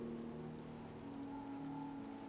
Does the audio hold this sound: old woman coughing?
no